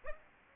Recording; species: mosquito wingbeat signal from an infrared sensor; Aedes aegypti